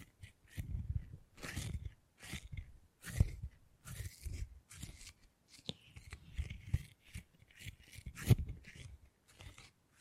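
Beeswax being handled in short, irregular bursts of soft squishing and sticky crackling, about one every second, with brief bright clicks between them.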